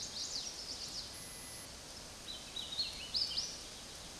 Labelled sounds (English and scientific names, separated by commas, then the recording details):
Hooded Warbler (Setophaga citrina) song
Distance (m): 50 m
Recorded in a Pennsylvania forest on 18 May 2023 at 10:15
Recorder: AudioMoth, point grid1_11_low
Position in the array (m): 229 m, 139 m